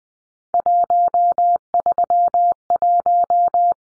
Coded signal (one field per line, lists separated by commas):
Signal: Morse code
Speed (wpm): 20 wpm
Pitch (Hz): 700 Hz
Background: none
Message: 131